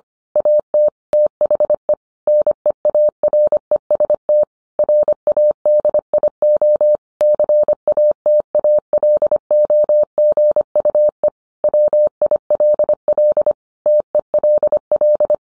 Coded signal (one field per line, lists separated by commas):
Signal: Morse code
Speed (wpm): 25 wpm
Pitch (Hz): 600 Hz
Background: none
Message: AT THE NEAREST RADIO CATALOGUE WILL TELL